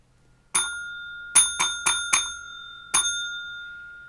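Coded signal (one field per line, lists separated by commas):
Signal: bell signal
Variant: railway block bell code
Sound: six bell dings in a 1-4-1 pattern: one ding, pause, four quick dings, pause, one ding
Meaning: Is line clear for an empty class N train (empty coaching stock)?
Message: 1-4-1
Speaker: class N Train so empty coaching stock uh is a one pause for pause one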